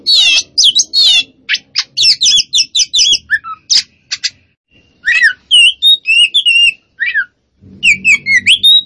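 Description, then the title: Oriental magpie-robin singing varied phrases: wavering whistles, quick chirps and short buzzy notes, separated by brief gaps, with a faint low rumble near the end. Song described as gacor, meaning singing actively and continuously. "Kacer Poci Gacor"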